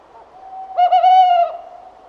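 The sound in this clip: Tawny owl hoot: a single steady, slightly wavering mid-pitched note lasting under a second.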